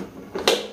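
A plastic portion is pressed onto a Miss & Chief Musical Monkey toy ride-on car and fits easily. A soft rustle is heard before a sharp snap at 0.5 s as the piece seats in place. No one talks.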